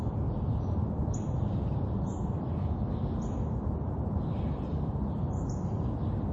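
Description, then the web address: Bird chirping, a few crisp high notes, the last two in quick succession, over steady low traffic sound. Urban ambience with birds chirping and distant traffic. "SFXBible ambience-urban-birds-chirp-distant-traffic"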